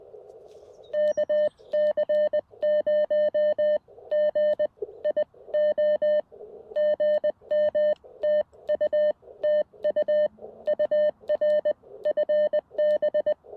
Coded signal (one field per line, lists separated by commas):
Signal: Morse code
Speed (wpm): 20 wpm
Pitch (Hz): 590 Hz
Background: none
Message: KC0GIO GM TU TU UR FB